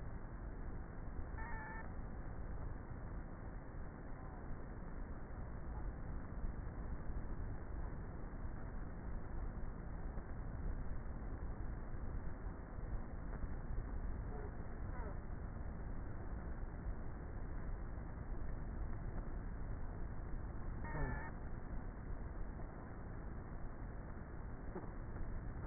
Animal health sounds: honeybee colony, microphone inside the hive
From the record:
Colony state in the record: queenless with a low population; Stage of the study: before two queens were removed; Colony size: about 30,000 bees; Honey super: no

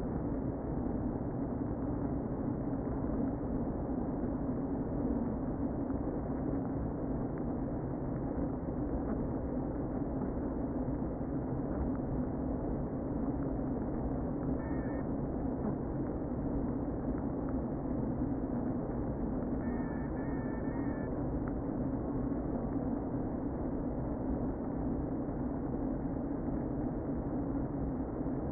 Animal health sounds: honeybee colony, microphone inside the hive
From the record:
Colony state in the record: queen present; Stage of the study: before two queens were removed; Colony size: about 60,000 bees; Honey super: yes

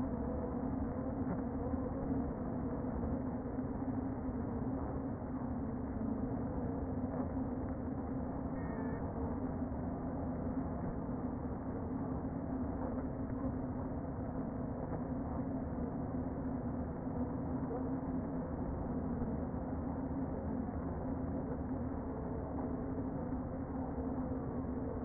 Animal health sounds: honeybee colony, microphone inside the hive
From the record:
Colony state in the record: queen present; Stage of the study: before two queens were removed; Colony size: about 60,000 bees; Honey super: yes

